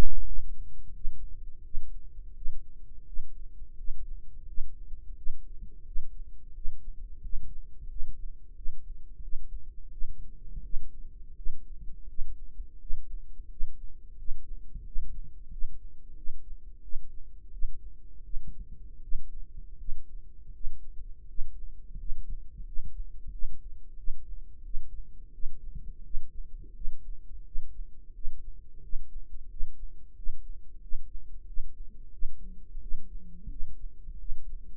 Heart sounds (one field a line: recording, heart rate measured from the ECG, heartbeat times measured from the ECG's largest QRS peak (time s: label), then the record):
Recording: heart sounds by microphone in the right ear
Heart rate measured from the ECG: 87 bpm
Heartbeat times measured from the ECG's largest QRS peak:
0.24 s: heartbeat
0.93 s: heartbeat
1.62 s: heartbeat
2.34 s: heartbeat
3.04 s: heartbeat
3.75 s: heartbeat
4.45 s: heartbeat
5.14 s: heartbeat
5.84 s: heartbeat
6.52 s: heartbeat
7.20 s: heartbeat
7.87 s: heartbeat
8.54 s: heartbeat
9.21 s: heartbeat
9.89 s: heartbeat
10.61 s: heartbeat
11.34 s: heartbeat
12.06 s: heartbeat
12.78 s: heartbeat
13.48 s: heartbeat
14.15 s: heartbeat
14.83 s: heartbeat
15.49 s: heartbeat
16.14 s: heartbeat
16.81 s: heartbeat
17.49 s: heartbeat
18.22 s: heartbeat
19.00 s: heartbeat
19.76 s: heartbeat
20.51 s: heartbeat
21.26 s: heartbeat
21.96 s: heartbeat
22.63 s: heartbeat
23.30 s: heartbeat
23.95 s: heartbeat
24.62 s: heartbeat
25.31 s: heartbeat
26.02 s: heartbeat
26.72 s: heartbeat
27.43 s: heartbeat
28.12 s: heartbeat
28.80 s: heartbeat
29.47 s: heartbeat
30.14 s: heartbeat
30.79 s: heartbeat
31.45 s: heartbeat
32.10 s: heartbeat
32.79 s: heartbeat
33.48 s: heartbeat
34.17 s: heartbeat
From the record:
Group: healthy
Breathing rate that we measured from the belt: 8 breaths a minute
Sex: male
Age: 33 years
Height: 179 cm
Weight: 80.4 kg